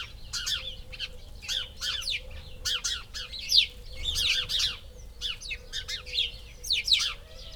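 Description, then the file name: House sparrow chirps repeated in a busy, continuous chatter. "Passer domesticus"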